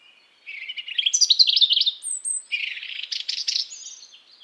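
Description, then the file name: European robin song: a dense, tumbling warble of high notes with a thin piercing whistle in the middle, then a scratchy fluttering phrase. "Erithacus rubecula"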